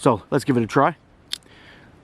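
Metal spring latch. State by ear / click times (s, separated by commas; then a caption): partly seated / 1.3 s. Someone talks, then presses the bottom release button on a NEXTOOL folding metal slingshot to deploy its spring-loaded folding forks toward their locked open position on the handle. A sharp click sounds at 1.3 s, followed by a faint tick and quiet room noise. The forks spring out but do not go all the way out or fully lock.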